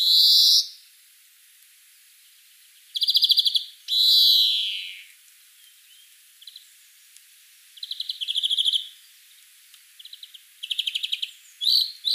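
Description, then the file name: European greenfinch giving long nasal wheezes, one opening and one near four seconds, alternating with short rattling trills that recur later. "Chloris chloris"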